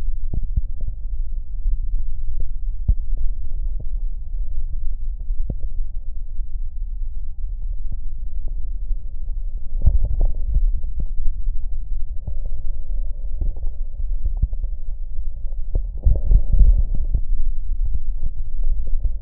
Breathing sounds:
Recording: lung sounds by stethoscope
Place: left posterior basal chest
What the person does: quiet breathing, then deep breathing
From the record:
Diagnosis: COPD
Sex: female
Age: 65 years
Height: 156 cm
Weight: 63.9 kg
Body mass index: 26.3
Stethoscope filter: extended mode

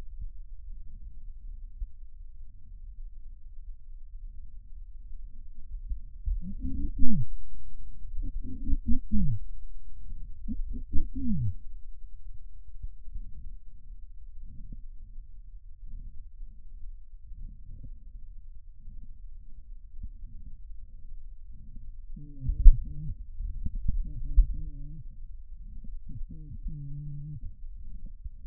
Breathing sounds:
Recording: lung sounds by stethoscope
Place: trachea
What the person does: quiet breathing, then cough and speech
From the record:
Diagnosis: interstitial lung disease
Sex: male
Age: 72 years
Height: 167 cm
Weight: 74 kg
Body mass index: 26.5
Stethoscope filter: bell mode

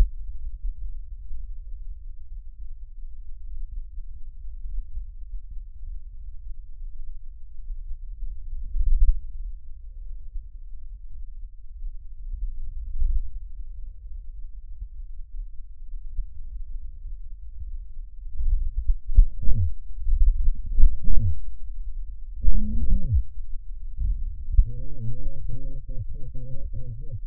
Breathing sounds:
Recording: lung sounds by stethoscope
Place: trachea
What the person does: quiet breathing, then cough and speech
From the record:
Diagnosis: pulmonary infection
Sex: male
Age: 54 years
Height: 187 cm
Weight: 95 kg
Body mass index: 27.2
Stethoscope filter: bell mode

